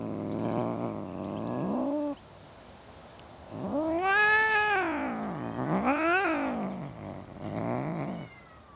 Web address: Cats In A Suburban Garden. The BBC Sound Effects Library